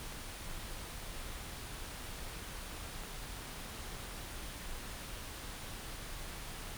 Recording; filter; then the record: brain microelectrode recording played as sound; wide band, above 20 Hz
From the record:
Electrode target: subthalamic nucleus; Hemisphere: right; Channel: 1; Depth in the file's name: 5.102 mm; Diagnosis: Parkinson's disease